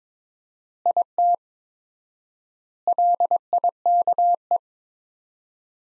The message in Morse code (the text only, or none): IT LIKE